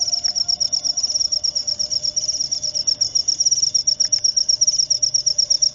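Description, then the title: Cricket song: a steady, shrill, rapidly pulsed buzz throughout, with faint background hum and a couple of soft knocks. Loud cricket chirping (ngerik), played to make lovebirds sing continuously (ngekek). "Suara JANGKRIK NGERIK Keras Bikin LOVEBIRD Jadi NGEKEK Terus Vubey"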